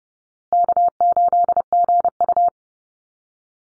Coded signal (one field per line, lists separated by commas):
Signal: Morse code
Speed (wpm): 30 wpm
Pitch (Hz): 700 Hz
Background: none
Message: K8GU